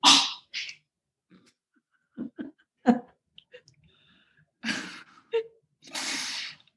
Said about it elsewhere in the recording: She had gotten something stuck in her mouth. She was totally okay. You'll hear this little poodle coughing a bit over the next few minutes.